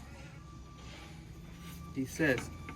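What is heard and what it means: A diesel fuel injector with an engine-oiled seal is being slid, ball bearings facing up, into its housing in the engine cylinder head of a digger. Someone talks over a steady low hum, with short louder bursts around 2.0 s and 2.2–2.4 s. Nothing has seated or clicked yet; the injector is still being handled and is not yet home.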